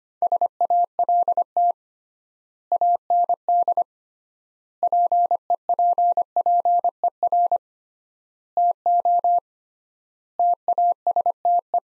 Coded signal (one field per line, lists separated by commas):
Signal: Morse code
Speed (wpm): 25 wpm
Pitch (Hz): 700 Hz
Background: none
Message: SALT AND PEPPER TO TASTE